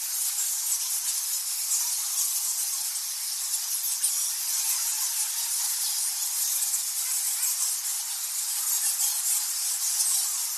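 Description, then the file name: Bats squeaking together as a massed, unbroken high-pitched chatter, a seething fizz of countless overlapping calls with occasional sharper squeals. Thousands of bats in a temple cave on Bali, Indonesia. "bats thousands indonesia bali cave goa lawah temple"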